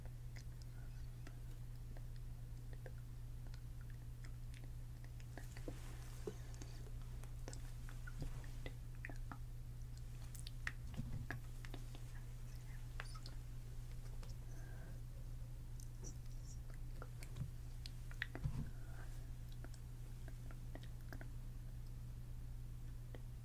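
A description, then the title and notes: Measuring and mapping out a face: soft clicks, light taps and small mouthy, chewing-like sounds come scattered and irregular throughout. A steady low hum runs underneath the whole time, with brief rustling swells near 6, 11 and 18 seconds. Measuring & Mapping Out Your Face (NO TALKING).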